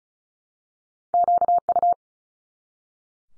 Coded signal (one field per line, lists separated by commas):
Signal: Morse code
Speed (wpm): 36 wpm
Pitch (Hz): 700 Hz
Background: none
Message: QU